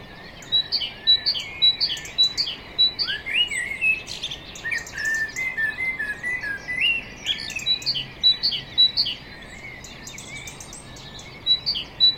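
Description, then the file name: Common blackbird song, long run of tumbling warbles and sharp high squeaks, nearly continuous throughout, over soft background hiss. "Turdus merula"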